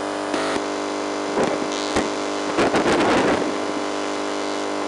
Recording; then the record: brain microelectrode recording played as sound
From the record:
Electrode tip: inside the subthalamic nucleus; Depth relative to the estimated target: -3 mm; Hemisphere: left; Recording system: NeuroSet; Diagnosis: Parkinson's disease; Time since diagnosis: 8 years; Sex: male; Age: 58 years